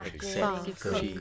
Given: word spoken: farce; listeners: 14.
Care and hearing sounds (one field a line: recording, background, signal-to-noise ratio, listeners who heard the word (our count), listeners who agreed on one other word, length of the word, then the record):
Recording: one English word in noise, from a listening test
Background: four-talker babble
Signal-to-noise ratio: -2.8 dB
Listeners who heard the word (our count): 1 of 14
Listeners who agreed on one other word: 8 of 14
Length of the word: 0.81 s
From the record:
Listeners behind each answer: 8, 1, 1, 1, 1, 1, 1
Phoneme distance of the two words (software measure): 7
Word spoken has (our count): 1 syllable, 3 phonemes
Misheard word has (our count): 1 syllable, 4 phonemes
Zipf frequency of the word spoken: 3.30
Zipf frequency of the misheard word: 5.09